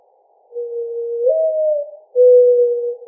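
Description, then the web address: Mourning dove giving a mellow, low coo: a long even hoot rising into a brief higher note, followed by a sustained lower hoot, with no other sounds. Recorded on 4 January 2007. "Mourning Dove 2007 01 04"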